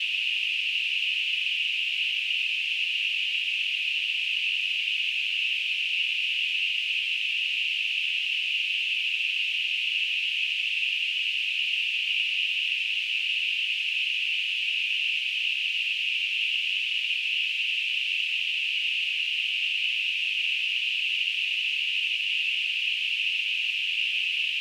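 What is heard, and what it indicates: Simulated tinnitus: a steady, continuous narrowband hiss centred around 2.5–3 kHz, with no low-frequency content and an unchanging level throughout.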